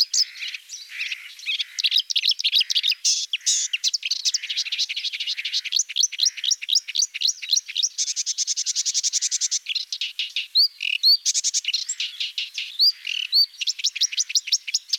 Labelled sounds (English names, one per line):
Marsh Warbler song